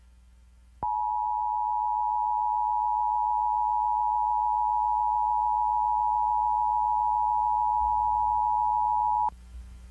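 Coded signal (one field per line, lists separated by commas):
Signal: Emergency Alert System (SAME) tones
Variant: 853 and 960 Hz attention tone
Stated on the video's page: Weekly tests from KUNA and IPAWS time zones.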